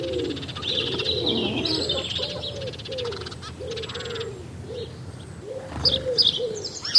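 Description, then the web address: Bird song: low, soft cooing notes repeated throughout, with higher chirping and warbling above them. Summer morning birdsong. "Tom Hutchings Birdsong Summer Morning"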